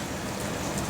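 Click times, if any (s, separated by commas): none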